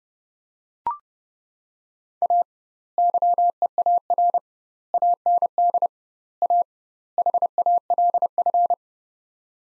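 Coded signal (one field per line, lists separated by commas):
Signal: Morse code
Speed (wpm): 30 wpm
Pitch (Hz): 700 Hz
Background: none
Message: A YEAR AND A HALF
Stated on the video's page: Morse practice drill, sets of five words at 30 wpm with 2x word spacing, a Farnsworth-like method.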